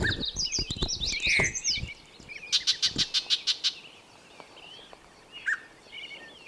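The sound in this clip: Birdsong with busy high chirping and twittering, then a quick run of repeated sharp notes, followed by softer scattered calls.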